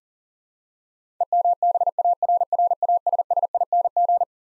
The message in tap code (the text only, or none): none